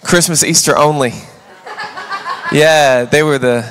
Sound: laughter